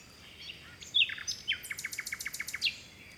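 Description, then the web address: Bird song made of sharp high notes followed by a fast series of short ticking chirps. Forest birds in a Mediterranean forest by the sea in Greece, early morning in spring. "2019-Game Audio Bundle West Wolf - Seaside Nature And Waves - Nature Forest Birds Wind Early Morning Spring Distant Sea Mediterranean Grece"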